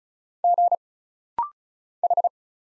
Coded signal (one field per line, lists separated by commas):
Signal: Morse code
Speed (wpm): 35 wpm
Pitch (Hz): 700 Hz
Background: none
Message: G H